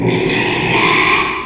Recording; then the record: squeal of a Yucatan mini pig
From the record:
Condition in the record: after surgery on the right vocal fold (resection and tissue-engineered implant); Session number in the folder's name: 1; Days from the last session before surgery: 6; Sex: male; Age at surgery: 12 weeks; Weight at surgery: 13 kg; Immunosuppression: cyclosporine, prednisolone